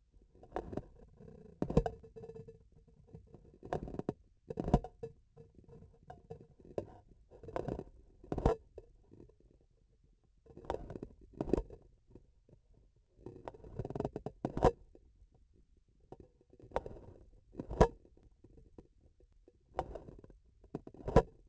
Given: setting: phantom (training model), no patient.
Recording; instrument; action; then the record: laparoscopic instrument, vibration sensor on the handle end; grasping forceps; opening and closing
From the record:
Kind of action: tool actuation without material contact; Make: Olympus